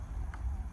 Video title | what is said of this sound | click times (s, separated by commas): Sighting in my New Ten Point Havoc RS 440! ( Opening Weekend Pa Rifle Season! ) | wind it up until you hear the click | 0.3 s